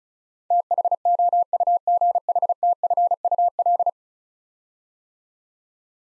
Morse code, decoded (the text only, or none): THOUGHTFUL